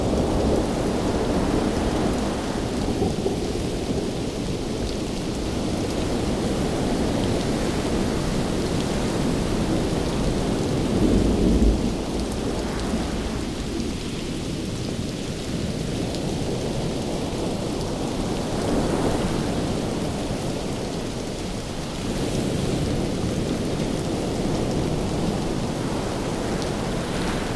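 Rain pours steadily over a deep, rolling rumble of thunder that swells and fades across the whole stretch, loudest around eleven seconds. The low roar stays dense and continuous, with brighter hiss of rainfall laid over it and no clear pauses.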